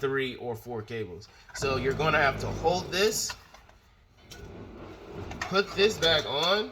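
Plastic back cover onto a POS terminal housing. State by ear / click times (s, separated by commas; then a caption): not seated / none. A plastic back cover is held in place and lined up over three or four cables on a POS terminal housing, model M/N 7773-1215-0013, because with that many cables it will not snap in on its own. Someone talks throughout, with a few brief handling knocks between about 3.5 and 5.3 seconds. Nothing has snapped or clicked into place yet.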